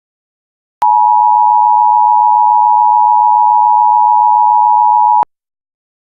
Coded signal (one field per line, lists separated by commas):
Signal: Emergency Alert System (SAME) tones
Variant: 853 and 960 Hz attention tone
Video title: EAS Scenario Blue Retaliation